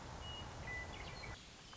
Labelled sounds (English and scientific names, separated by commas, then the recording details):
Western Meadowlark (Sturnella neglecta)
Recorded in Sonoma County, California